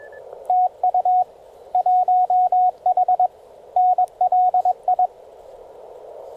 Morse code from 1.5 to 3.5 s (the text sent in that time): 1H